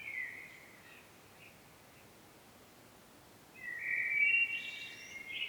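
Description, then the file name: Common blackbird singing a single warbled, twittering phrase near the end, after a faint opening note and a few seconds of quiet background hiss. "Turdus merula"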